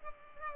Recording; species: mosquito wingbeat signal from an infrared sensor; Culex pipiens